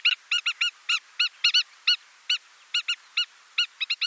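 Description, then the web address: Spur-winged lapwing giving sharp, metallic notes singly and in short groups, spaced irregularly with brief silent gaps. A pair of spur-winged plovers in display. "Schulze Peter Spur-winged Plover pair display"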